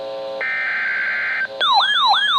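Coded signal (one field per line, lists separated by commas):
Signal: Emergency Alert System (SAME) tones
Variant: header bursts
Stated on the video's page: Severe Thunderstorm Warning for Bryan and Johnston counties, Oklahoma, from weather radio station WXK22.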